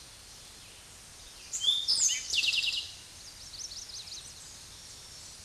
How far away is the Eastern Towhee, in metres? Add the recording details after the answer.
about 5 m. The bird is about 5 m above the microphone. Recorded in a Pennsylvania forest on 16 May 2024 at 06:10. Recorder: AudioMoth, point MSD-0627. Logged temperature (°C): 14.8 °C. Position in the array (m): 109 m, 6 m